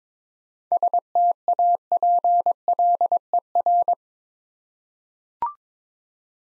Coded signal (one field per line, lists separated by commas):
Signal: Morse code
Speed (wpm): 22 wpm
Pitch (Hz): 700 Hz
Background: none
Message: STAPLER